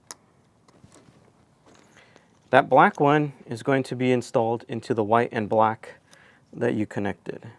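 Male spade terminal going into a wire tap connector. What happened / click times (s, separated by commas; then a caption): The spade terminal clicked home in the connector / 0.1 s. The male spade terminal on the red wire from a brake license plate frame is pushed all the way into a green wire tap connector and clicks at 0.1 s, seating it. A few faint ticks follow, then someone talks from about 2.5 s to the end.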